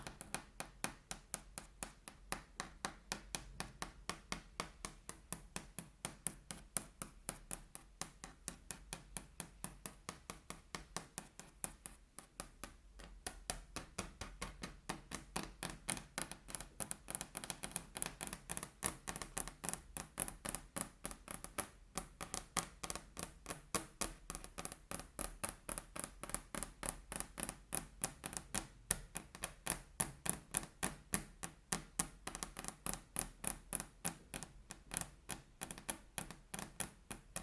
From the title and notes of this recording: ASMR Table Tapping (No Talking).